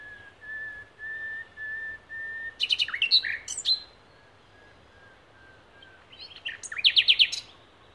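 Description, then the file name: Common nightingale song: several slow, pure whistled notes, then a burst of loud rich trills and chattering phrases, a quiet spell, and another rich burst. "Luscinia megarhynchos"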